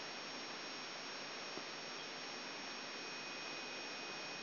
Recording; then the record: brain microelectrode recording played as sound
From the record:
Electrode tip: outside the subthalamic nucleus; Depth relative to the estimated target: -4 mm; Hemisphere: left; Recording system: AlphaMap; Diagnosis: Parkinson's disease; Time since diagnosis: 7 years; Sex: male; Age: 59 years